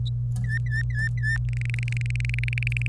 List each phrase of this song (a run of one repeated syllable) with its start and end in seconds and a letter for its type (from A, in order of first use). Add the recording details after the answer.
0.44-1.38 A, 1.49-2.87 B. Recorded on 25 April 2018 at 17:09. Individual llb3